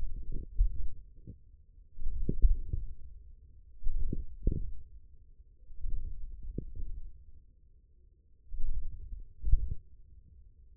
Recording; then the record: forearm muscle sounds (acoustic myography)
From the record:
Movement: wrist extension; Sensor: system 1, eight BSWA MPA416 microphones around the upper forearm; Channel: 7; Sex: male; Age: 20 years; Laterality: left